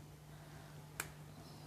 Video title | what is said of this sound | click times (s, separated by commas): How to clean control switch plus complete disassembly | ये लगा देना है। आपको यहाँ पे जब ये लग जाएगा तो क्लिक की साउंड आएगी | 1.0 s